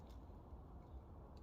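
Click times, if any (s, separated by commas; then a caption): none. An adjuster knob on a compressed Summit Racing 3-way adjustable drag shock is being turned by hand toward its detent. Only a low, steady rumble is heard, with faint high ticks near 0.1 s and 1.4 s. Nothing has clicked into position yet.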